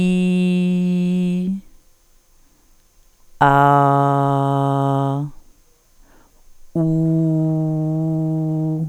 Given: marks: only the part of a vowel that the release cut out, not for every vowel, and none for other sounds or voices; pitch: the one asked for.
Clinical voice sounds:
sustained vowels; female; 40 to 49 years; 2; 2; 2
0.00-1.36 s: vowel /i/, normal pitch
3.54-5.07 s: vowel /a/, normal pitch
6.91-8.70 s: vowel /u/, normal pitch
From the record:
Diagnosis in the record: functional dysphonia, dysodia (singing voice disorder); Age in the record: 47 years

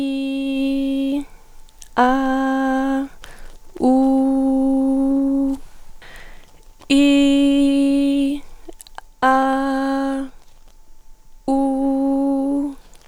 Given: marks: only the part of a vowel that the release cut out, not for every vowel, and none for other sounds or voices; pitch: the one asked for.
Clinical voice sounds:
sustained vowels; female; 30 to 39 years; 0; 0; 0
0.00-0.85 s: vowel /i/, normal pitch
2.23-2.96 s: vowel /a/, normal pitch
4.26-5.20 s: vowel /u/, normal pitch
7.29-8.10 s: vowel /i/, high pitch
9.42-10.12 s: vowel /a/, high pitch
11.70-12.52 s: vowel /u/, high pitch
From the record:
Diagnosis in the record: psychogenic dysphonia, superior laryngeal neuralgia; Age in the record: 35 years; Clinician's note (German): Leicht funktionelle Dysphonie

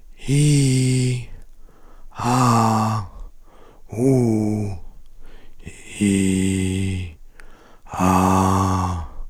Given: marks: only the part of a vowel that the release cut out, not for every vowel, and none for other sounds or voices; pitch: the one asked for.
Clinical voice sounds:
sustained vowels; male; 50 to 59 years; 3; 3; 1
0.35-1.08 s: vowel /i/, high pitch
2.26-2.93 s: vowel /a/, high pitch
4.23-4.74 s: vowel /u/, high pitch
6.08-6.77 s: vowel /i/, low pitch
8.02-8.93 s: vowel /a/, low pitch
From the record:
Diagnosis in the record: cordectomy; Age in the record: 54 years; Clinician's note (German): Zustand danach

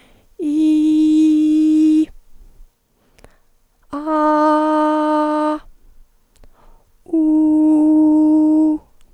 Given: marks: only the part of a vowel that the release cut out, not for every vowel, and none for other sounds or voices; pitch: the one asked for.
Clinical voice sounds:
sustained vowels; female; 50 to 59 years; 1; 0; 1
0.55-1.95 s: vowel /i/, high pitch
4.11-5.45 s: vowel /a/, high pitch
7.20-8.64 s: vowel /u/, high pitch
From the record:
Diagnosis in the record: hyperfunctional dysphonia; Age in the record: 56 years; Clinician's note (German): Ponogen

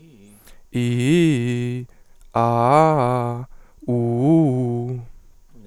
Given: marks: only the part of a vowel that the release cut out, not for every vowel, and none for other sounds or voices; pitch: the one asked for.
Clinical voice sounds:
sustained vowels; male; 20 to 29 years; 0; 0; 0
0.79-1.77 s: vowel /i/, low-high-low pitch
2.41-3.37 s: vowel /a/, low-high-low pitch
3.93-4.92 s: vowel /u/, low-high-low pitch
From the record:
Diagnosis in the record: healthy voice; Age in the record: 22 years

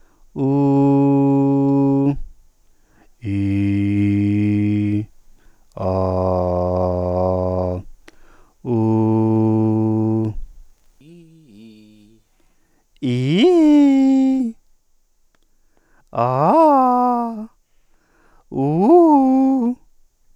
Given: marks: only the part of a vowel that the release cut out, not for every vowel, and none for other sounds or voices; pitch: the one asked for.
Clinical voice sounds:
sustained vowels; male; 30 to 39 years; 0; 0; 0
0.46-2.04 s: vowel /u/, high pitch
3.33-4.92 s: vowel /i/, low pitch
5.91-7.73 s: vowel /a/, low pitch
8.75-10.22 s: vowel /u/, low pitch
13.11-14.32 s: vowel /i/, low-high-low pitch
16.22-17.37 s: vowel /a/, low-high-low pitch
18.60-19.66 s: vowel /u/, low-high-low pitch
From the record:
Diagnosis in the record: central laryngeal movement disorder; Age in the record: 38 years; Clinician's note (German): Krankheitsbeginn mit Bild der zerebellären Ataxie

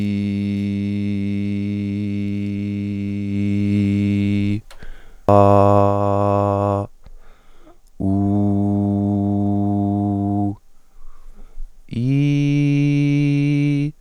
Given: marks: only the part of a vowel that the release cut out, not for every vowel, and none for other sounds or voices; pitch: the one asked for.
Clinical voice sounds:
sustained vowels; male; 20 to 29 years; 0; 0; 0
0.00-1.99 s: vowel /i/, normal pitch
5.37-6.71 s: vowel /a/, normal pitch
8.26-10.23 s: vowel /u/, normal pitch
12.10-13.76 s: vowel /i/, high pitch
From the record:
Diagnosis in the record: healthy voice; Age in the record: 22 years

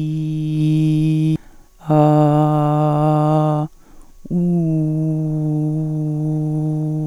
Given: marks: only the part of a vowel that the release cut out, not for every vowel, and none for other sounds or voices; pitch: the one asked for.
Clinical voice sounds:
sustained vowels; female; 50 to 59 years; 1; 1; 0
0.55-1.26 s: vowel /i/, low pitch
2.08-3.45 s: vowel /a/, low pitch
4.72-6.69 s: vowel /u/, low pitch
From the record:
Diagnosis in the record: hyperfunctional dysphonia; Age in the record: 50 years

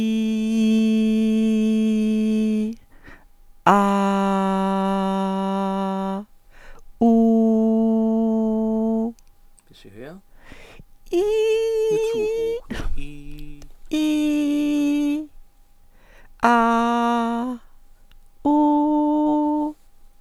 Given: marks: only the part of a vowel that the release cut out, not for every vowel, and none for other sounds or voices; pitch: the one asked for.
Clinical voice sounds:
sustained vowels; female; 60 to 69 years; 0; 0; 0
0.00-1.99 s: vowel /i/, normal pitch
3.91-5.81 s: vowel /a/, normal pitch
7.21-8.86 s: vowel /u/, normal pitch
13.98-15.12 s: vowel /i/, high pitch
16.48-17.36 s: vowel /a/, high pitch
18.56-19.60 s: vowel /u/, high pitch
From the record:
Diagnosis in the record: contact pachydermia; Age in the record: 61 years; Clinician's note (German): Verdacht auf Kontaktpachydermie, leicht asymmetrisches Schwingungsbild, unvollständiger Glottisschluß

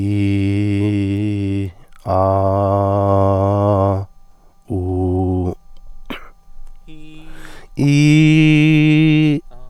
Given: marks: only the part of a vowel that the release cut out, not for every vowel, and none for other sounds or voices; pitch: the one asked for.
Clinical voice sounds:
sustained vowels; male; 40 to 49 years; 0; 0; 0
0.00-1.55 s: vowel /i/, normal pitch
2.21-3.83 s: vowel /a/, normal pitch
4.80-5.41 s: vowel /u/, normal pitch
7.91-9.23 s: vowel /i/, high pitch
From the record:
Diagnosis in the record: healthy voice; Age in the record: 40 years

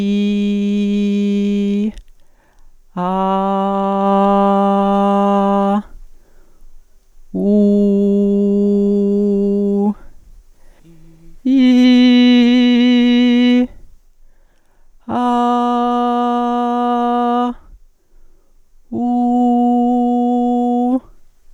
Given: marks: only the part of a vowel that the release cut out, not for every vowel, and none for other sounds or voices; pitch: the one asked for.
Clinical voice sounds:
sustained vowels; female; 40 to 49 years; 0; 0; 0
0.00-1.79 s: vowel /i/, normal pitch
4.01-5.72 s: vowel /a/, normal pitch
7.99-9.77 s: vowel /u/, normal pitch
11.65-13.48 s: vowel /i/, high pitch
15.34-17.30 s: vowel /a/, high pitch
19.11-20.85 s: vowel /u/, high pitch
From the record:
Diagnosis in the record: functional dysphonia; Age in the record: 41 years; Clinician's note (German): Funktionelle Dysphonie

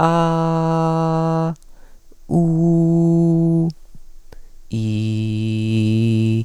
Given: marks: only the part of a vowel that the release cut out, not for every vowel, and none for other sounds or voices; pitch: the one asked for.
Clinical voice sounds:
sustained vowels; male; 20 to 29 years; 0; 0; 0
0.25-1.37 s: vowel /a/, high pitch
2.45-3.56 s: vowel /u/, high pitch
4.85-5.73 s: vowel /i/, low pitch
From the record:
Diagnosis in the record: healthy voice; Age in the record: 24 years

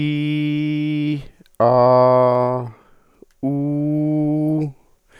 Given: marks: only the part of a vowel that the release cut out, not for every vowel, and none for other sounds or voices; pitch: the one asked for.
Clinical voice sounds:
sustained vowels; male; 60 to 69 years; 0; 0; 0
0.00-1.13 s: vowel /i/, normal pitch
1.70-2.51 s: vowel /a/, normal pitch
3.50-4.61 s: vowel /u/, normal pitch
From the record:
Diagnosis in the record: dysodia (singing voice disorder), contact pachydermia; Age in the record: 61 years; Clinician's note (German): Kontaktpachydermie ohne "Kontaktpachydermie"

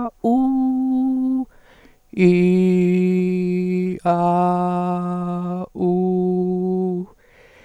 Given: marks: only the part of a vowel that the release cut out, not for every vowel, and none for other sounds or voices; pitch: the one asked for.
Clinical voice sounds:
sustained vowels; female; 60 to 69 years; 2; 0; 0
0.30-1.34 s: vowel /u/, high pitch
2.30-3.85 s: vowel /i/, low pitch
4.14-5.54 s: vowel /a/, low pitch
5.87-6.95 s: vowel /u/, low pitch
From the record:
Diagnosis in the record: phonasthenia (vocal fatigue); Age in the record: 64 years

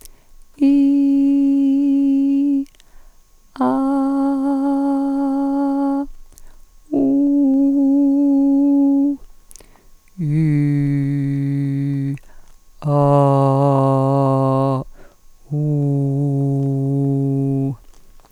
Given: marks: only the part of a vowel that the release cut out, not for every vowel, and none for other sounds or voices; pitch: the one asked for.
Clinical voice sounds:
sustained vowels; female; 50 to 59 years; 2; 0; 2
0.78-2.44 s: vowel /i/, high pitch
7.15-9.00 s: vowel /u/, high pitch
10.65-12.08 s: vowel /i/, low pitch
12.96-14.69 s: vowel /a/, low pitch
15.62-17.57 s: vowel /u/, low pitch
From the record:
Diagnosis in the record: dysphonia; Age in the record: 51 years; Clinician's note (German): Ponogen und phonasthetisch

